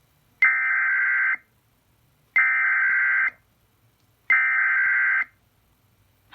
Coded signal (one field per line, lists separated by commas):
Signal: Emergency Alert System (SAME) tones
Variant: header bursts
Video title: KS SVR (5/16/21) EAS 243